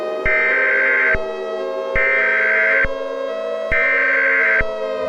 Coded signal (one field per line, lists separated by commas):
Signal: Emergency Alert System (SAME) tones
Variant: header bursts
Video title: EAS Scenario: Halloween Remastered CENSORED